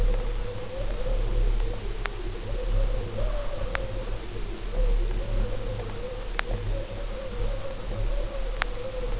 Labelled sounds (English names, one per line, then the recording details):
none
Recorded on Arctic tundra, site UTQI-5, on 19 June 2018
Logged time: 22:00